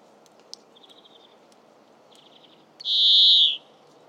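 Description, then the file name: European greenfinch twitters in short rapid trills, then gives one loud, long buzzy wheeze near the end. "Chloris chloris"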